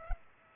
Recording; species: mosquito wingbeat signal from an infrared sensor; Culex pipiens